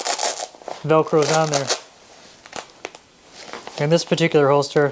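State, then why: Not seated. An unloaded pistol is handled beside a rigid holster mounted by loop velcro inside a fanny pack, with faint rustling and a few sharp ticks around 2.5 to 3.0 seconds while someone talks. Nothing has seated or clicked yet; the pistol has not locked into the holster by the end.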